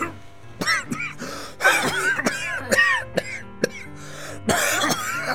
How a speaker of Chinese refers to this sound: 邱爸爸没说话，突然偏开头开始咳嗽，咳得很厉害。